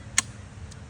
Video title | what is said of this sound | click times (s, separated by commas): VolleyBoard Tutorial: Replacing the Top Fabric (Replacement or Custom Print) | and that just snaps into place. | 0.2 s